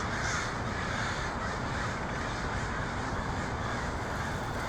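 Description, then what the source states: Flock of crows giving steady overlapping caws, a dense rasping chorus that never drops out. Portland, 23 October 2018.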